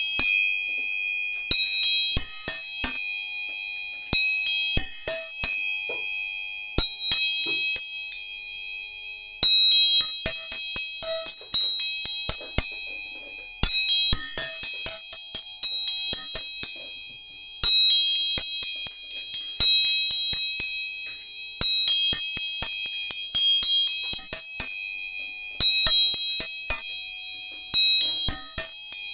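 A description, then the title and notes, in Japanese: Tuning forks are struck again and again while one steady, high ringing tone sounds through the whole recording. Every few seconds comes a cluster of sharp metallic taps, each leaving bright, clear pitches that hang and fade slowly. 音叉チューニング全体性。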